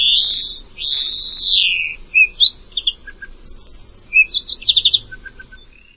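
Bird singing a varied song: long loud slurred whistles falling in pitch, then short chips, a high sustained note and rapid buzzy trills.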